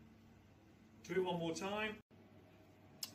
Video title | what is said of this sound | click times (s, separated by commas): Vortex 750 | let's remove the shaft then a little click anti-clockwise notice that it comes straight out | 3.0 s